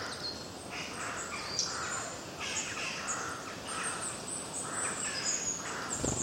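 Birds chirp together in a dense chorus of overlapping mid and high-pitched notes, continuous throughout.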